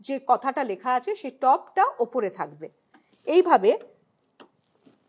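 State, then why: Seated. An interconnect cable plug for an electronic voting unit (VVPAT / ballot unit) is lined up red to red and black to black with its "TOP" marking up, then pushed into the socket while someone talks. A single short, sharp click is heard at 4.4 s, showing the plug has seated and the connection is made.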